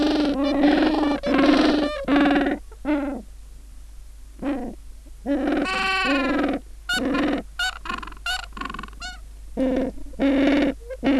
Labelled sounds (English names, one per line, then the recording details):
Gentoo Penguin
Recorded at the colony at Booth Island, Antarctica, on 21 December 2014
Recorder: Song Meter SM2+